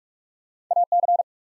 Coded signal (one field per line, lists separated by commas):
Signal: Morse code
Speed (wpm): 44 wpm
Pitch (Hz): 700 Hz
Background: none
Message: AC